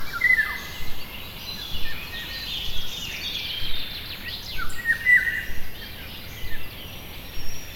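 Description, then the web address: Birds singing in a chorus of overlapping high chirps and short whistled notes, one sharp whistle near the start and another around five seconds, over a steady low rumble. Birds in a forest. "GDC 2017-Game Audio Bundle West Wolf - Nature Sounds. Forest birds"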